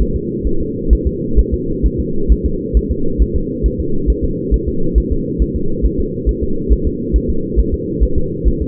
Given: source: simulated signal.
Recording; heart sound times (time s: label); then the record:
fetal heart sounds
0.02 s: S1
0.16 s: S2
0.47 s: S1
0.61 s: S2
0.93 s: S1
1.07 s: S2
1.39 s: S1
1.54 s: S2
1.86 s: S1
2.00 s: S2
2.32 s: S1
2.46 s: S2
2.77 s: S1
2.91 s: S2
3.22 s: S1
3.36 s: S2
3.66 s: S1
3.80 s: S2
4.10 s: S1
4.24 s: S2
4.54 s: S1
4.68 s: S2
4.98 s: S1
5.12 s: S2
5.42 s: S1
5.56 s: S2
5.85 s: S1
6.00 s: S2
6.29 s: S1
6.43 s: S2
6.72 s: S1
6.87 s: S2
7.16 s: S1
7.30 s: S2
7.59 s: S1
7.74 s: S2
8.03 s: S1
8.18 s: S2
8.48 s: S1
8.62 s: S2
From the record:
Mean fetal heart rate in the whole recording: 135 bpm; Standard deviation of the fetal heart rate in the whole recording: 3 bpm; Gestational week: 34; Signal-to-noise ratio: -8.1 dB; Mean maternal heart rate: 72 bpm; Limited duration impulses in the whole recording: absent